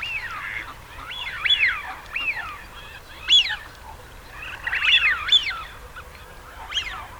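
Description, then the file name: Eurasian wigeon whistles, bright rising-falling wheeoo notes in irregular bursts, some loud and piercing, others fainter in the background. Male. "sviyaz golos samca"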